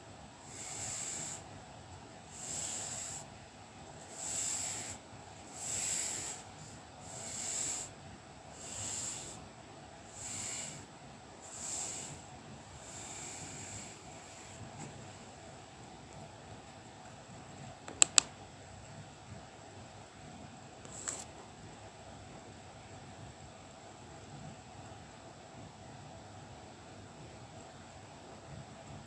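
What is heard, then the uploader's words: Colouring pencil strokes scratch across paper in a steady back-and-forth rhythm, roughly one bright, raspy stroke per second for the first fourteen seconds. Afterward the scratching fades to near silence, broken by a sharp click around eighteen seconds and a softer tap near twenty-one, over a faint constant hum. Soothing sounds of colouring pencil work and paper massage.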